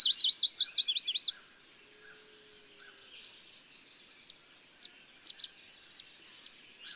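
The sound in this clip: Bird song: a loud, rapid, high warbling trill lasting about a second and a half, then sparse sharp high chirps spaced out over the remaining seconds.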